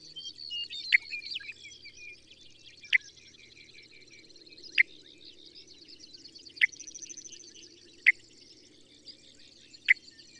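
Bird calls: a sharp, downward-sweeping chip about every one and a half to two seconds over soft, high background twittering.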